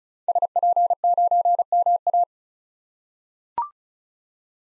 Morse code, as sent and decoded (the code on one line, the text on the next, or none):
... .--. ----. -- .-
SP9MA